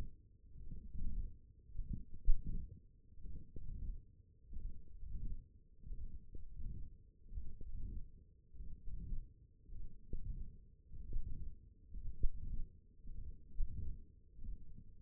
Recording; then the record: forearm muscle sounds (acoustic myography)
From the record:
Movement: forearm supination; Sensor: system 1, eight BSWA MPA416 microphones around the upper forearm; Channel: 4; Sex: male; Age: 21 years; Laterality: right